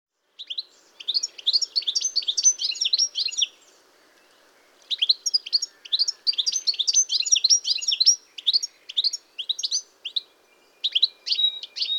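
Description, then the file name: European goldfinch song: lively jingling twitters in long runs, broken by pauses near four and ten seconds, then continuing. "chardonneret elegant"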